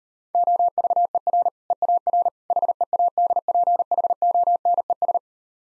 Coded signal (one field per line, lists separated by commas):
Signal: Morse code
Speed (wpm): 39 wpm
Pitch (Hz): 700 Hz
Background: none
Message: OVER EAR HEADPHONES